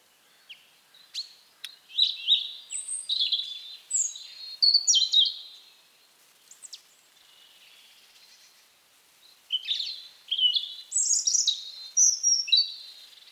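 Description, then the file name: European robin singing bright, high, tinkling phrases mixed with quick trills and thin whistles, delivered in bursts with brief silences between them; no other clear sounds. "Erithacus rubecula"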